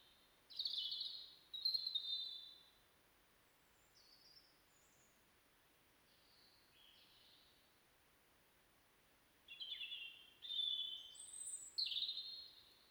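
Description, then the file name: European robin song, two bright trilled phrases at the start, soft scattered notes in a long pause, then a louder burst of high twittering notes near the end. "Erithacus rubecula"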